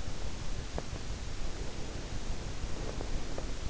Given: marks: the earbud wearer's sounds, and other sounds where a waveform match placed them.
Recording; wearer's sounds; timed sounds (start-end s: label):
sounds in sleep by an in-ear microphone; breath
1.45-3.58 s: breath